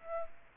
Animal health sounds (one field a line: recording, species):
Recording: mosquito wingbeat signal from an infrared sensor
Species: Aedes aegypti